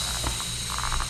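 A rear WTB Trail Boss tubeless tire on a Surly Bridge Club is being inflated on its aluminum rim, taped with Gorilla Tape, to snap the rubber bead into place. A steady hiss runs throughout, with faint soft pulses and no sharp sounds. Nothing has seated or popped yet.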